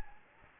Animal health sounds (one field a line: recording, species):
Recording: mosquito wingbeat signal from an infrared sensor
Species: Anopheles gambiae